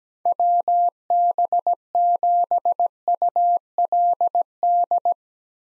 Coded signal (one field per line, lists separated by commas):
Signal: Morse code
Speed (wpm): 17 wpm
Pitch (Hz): 700 Hz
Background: none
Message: WB7ULD